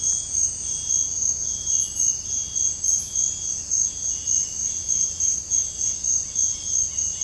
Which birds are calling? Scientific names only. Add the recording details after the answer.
none. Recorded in dense forest near Puerto Asís, Putumayo, Colombia, on 18 February 2024 at 06:00. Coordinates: 0.487, -76.319. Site G6403